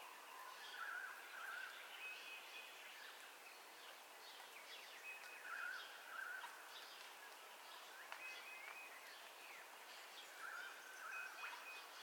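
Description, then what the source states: Birds calling at dawn, a short trilled phrase repeated about every five seconds among scattered chirps and whistles, over background hiss. Dawn ambience with birdcalls, recorded in stereo.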